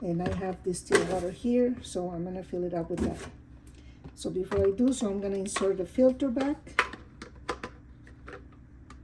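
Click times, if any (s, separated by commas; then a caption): none. Someone talks while putting the filter back into the base of a LEVOIT top-fill 2.5L humidifier, with distilled water on hand for filling it. Small taps and handling noises follow from about 7.2 to 8.9 seconds as the filter is lined up with its slot before being twisted to lock. Nothing has seated or clicked yet.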